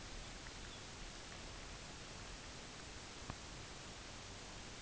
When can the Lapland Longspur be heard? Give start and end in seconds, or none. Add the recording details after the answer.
0.12-0.92. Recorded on Arctic tundra, site UTQI-5, on 23 June 2018. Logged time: 04:00